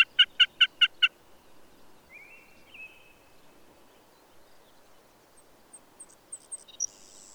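Bird song opens with a series of loud, evenly spaced ringing notes, then a soft rising whistle and a few faint high chips.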